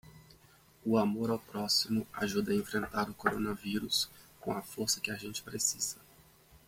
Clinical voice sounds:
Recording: spoken sentence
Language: Brazilian Portuguese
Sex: male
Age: 30 to 39 years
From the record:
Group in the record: control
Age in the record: 32 years

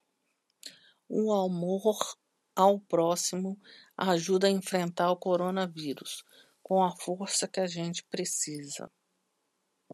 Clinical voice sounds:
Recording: spoken sentence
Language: Brazilian Portuguese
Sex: female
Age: 50 to 59 years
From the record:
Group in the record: control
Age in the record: 51 years

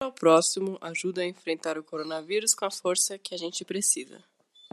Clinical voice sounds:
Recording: spoken sentence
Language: Brazilian Portuguese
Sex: female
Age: 20 to 29 years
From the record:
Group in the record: control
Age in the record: 23 years

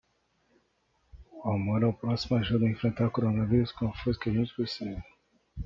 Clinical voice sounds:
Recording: spoken sentence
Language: Brazilian Portuguese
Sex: male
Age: 20 to 29 years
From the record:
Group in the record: control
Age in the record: 23 years

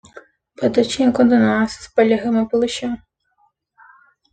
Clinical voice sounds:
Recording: short text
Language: Brazilian Portuguese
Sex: female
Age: 20 to 29 years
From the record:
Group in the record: control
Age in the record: 27 years

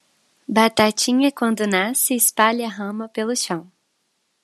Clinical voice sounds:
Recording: short text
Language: Brazilian Portuguese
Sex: female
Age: 20 to 29 years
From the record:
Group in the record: control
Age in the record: 23 years

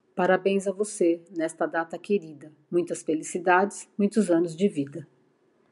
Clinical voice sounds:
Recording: short text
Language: Brazilian Portuguese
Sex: female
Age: 50 to 59 years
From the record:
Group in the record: control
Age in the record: 54 years

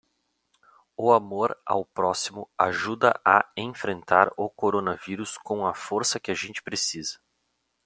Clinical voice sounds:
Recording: spoken sentence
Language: Brazilian Portuguese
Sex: male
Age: 30 to 39 years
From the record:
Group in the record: control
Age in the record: 32 years

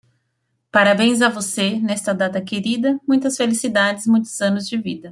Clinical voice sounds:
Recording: short text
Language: Brazilian Portuguese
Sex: female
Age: 30 to 39 years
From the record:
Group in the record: control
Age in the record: 32 years

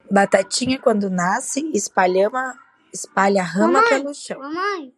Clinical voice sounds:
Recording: short text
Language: Brazilian Portuguese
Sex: female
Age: 30 to 39 years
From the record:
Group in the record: control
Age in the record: 35 years

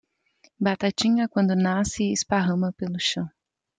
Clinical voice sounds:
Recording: short text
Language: Brazilian Portuguese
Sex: female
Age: 20 to 29 years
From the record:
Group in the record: control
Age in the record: 29 years

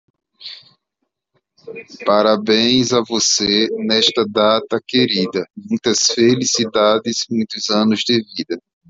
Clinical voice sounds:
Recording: short text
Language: Brazilian Portuguese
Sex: male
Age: 40 to 49 years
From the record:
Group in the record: control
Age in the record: 40 years

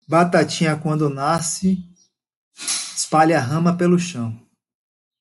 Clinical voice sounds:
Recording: short text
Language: Brazilian Portuguese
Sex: male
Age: 50 to 59 years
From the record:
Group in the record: control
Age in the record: 56 years

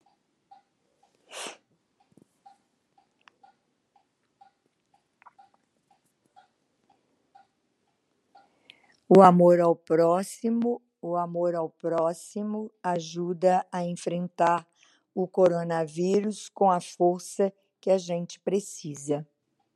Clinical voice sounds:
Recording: spoken sentence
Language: Brazilian Portuguese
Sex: female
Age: 70 to 79 years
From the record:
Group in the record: control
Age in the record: 79 years

